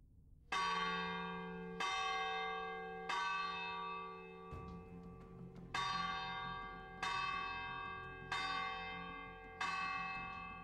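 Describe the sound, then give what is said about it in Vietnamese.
The gong at the communal hall of Phượng Bãi village is struck once more to summon the villagers. It is struck eight times at a slow, steady pace, each loud metallic hit ringing out with bright overtones that fade before the next blow. No voices. “Tiếng kèn triệu tập từ đình nghe thêm một lần nữa vang vọng khắp thôn Phượng Bãi trong ngày hôm nay.”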